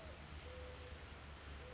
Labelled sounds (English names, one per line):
Mourning Dove